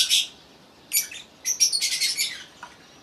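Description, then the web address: Bird calls: short high harsh chirps, one at the start and another near one second, then a rapid run of chattering notes from about one and a half seconds. "takarabako sound no 5 bird"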